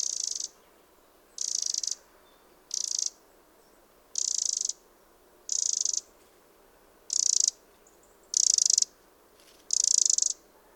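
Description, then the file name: Eurasian wren giving a rapid, churring rattle in short bursts, eight in a row about every second and a half, over a quiet background. "Troglodytes troglodytes"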